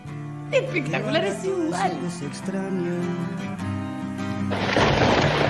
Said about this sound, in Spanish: Espectacular, es igual. Llueve, amigos.